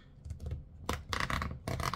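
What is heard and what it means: The left side of a plastic Smart Doll Rekall bust part is pressed onto the doll's torso, with soft handling scrapes and rubs before a series of sharp plastic clicks at 0.9, 1.1, 1.2, 1.3, 1.4 and 1.9 seconds. The bust part clicks into place and is seated.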